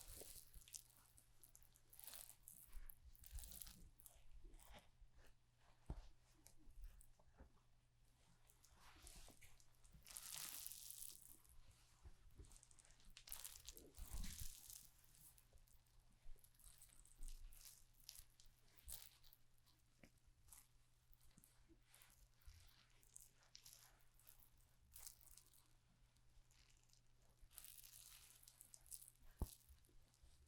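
Close scissor and clipper work during a haircut: irregular bursts of crisp snipping and crunching, bright and dense, with louder clusters around 3, 10–14 and 28 seconds. A steady low hum runs underneath throughout, with occasional soft thumps.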